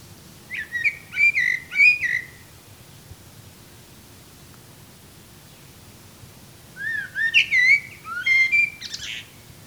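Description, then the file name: Eurasian blackbird singing two separate phrases, each a fluting, varied whistle that breaks into high squeaky twitters, with a pause of several seconds between them. "Turdus merula"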